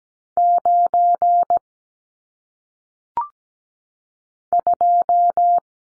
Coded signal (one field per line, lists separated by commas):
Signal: Morse code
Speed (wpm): 17 wpm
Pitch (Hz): 700 Hz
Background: none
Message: 9 2